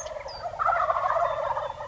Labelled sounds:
Wild Turkey (Meleagris gallopavo)
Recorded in Sonoma County, California

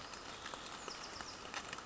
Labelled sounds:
Bewick's Wren (Thryomanes bewickii)
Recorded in Sonoma County, California

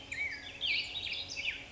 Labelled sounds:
Black-headed Grosbeak (Pheucticus melanocephalus)
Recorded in Sonoma County, California

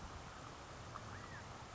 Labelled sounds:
California Quail (Callipepla californica)
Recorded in Sonoma County, California

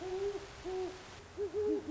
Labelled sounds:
Great Horned Owl (Bubo virginianus)
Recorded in Sonoma County, California

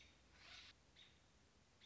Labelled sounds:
American Robin (Turdus migratorius)
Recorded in Sonoma County, California

